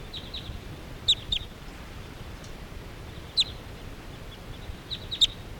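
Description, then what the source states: Crossbill flight calls: sharp, high, clipped notes in small clusters a few seconds apart, over steady background hiss. Flock flying away.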